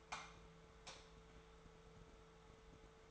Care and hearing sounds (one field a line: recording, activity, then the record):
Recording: daily activity, microphone in the room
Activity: light off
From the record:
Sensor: 3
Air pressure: 1014.6 hPa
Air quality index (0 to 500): 182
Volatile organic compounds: 19 ppm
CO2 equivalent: 2663 ppm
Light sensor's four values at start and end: 47/119/51/54 and 44/110/47/51